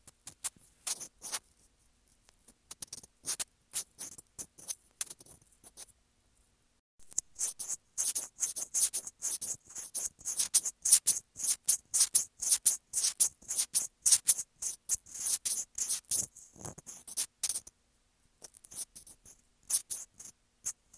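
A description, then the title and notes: Crisp scratching on a sensitive microphone, bright and hissy with little low end. Sparse, hesitant strokes for the first seven seconds give way to a dense, fairly regular run of quick scratches, which stops briefly near seventeen seconds before a few final strokes. ASMR Sensitive Mic Scratching.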